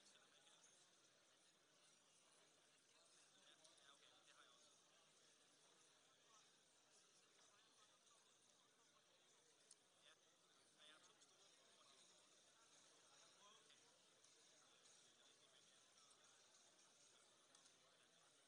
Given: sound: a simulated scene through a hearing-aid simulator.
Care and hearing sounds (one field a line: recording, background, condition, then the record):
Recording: conversation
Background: cafeteria (anchor of the quiet scene)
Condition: -6 dB SNR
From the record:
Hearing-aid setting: anchor resembling a broken hearing aid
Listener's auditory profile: D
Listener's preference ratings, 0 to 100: 1, 1, 0